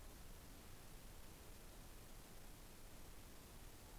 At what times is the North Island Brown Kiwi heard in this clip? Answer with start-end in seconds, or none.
none